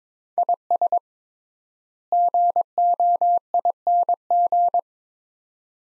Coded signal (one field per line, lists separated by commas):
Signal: Morse code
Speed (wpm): 22 wpm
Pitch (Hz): 700 Hz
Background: none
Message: IS GOING